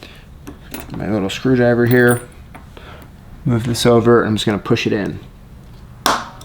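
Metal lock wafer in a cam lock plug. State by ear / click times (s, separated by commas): seated / 6.1 s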